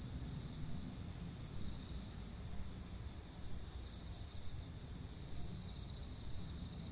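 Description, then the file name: Cicadas give a steady, unbroken high-pitched buzz that holds one pitch throughout, over a low rumbling background. Countryside soundscape. "country side soundscape with cicadas"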